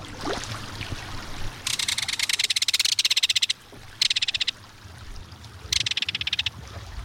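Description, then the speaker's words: Belted kingfisher rattle, loud dry metallic rattling bursts of up to about two seconds, three separate rattles over seven seconds, with faint background noise. Reverberating metallic call heard along a stream or waterway. "no other sound along a stream or waterway quite like the reverberating metallic call of a belted kingfisher."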